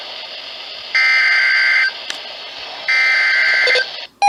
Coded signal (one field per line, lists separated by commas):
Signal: Emergency Alert System (SAME) tones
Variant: header bursts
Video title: NOAA Radio (EAS # 464 465) Double Header SVR's